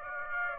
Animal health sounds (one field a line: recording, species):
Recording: mosquito wingbeat signal from an infrared sensor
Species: Aedes aegypti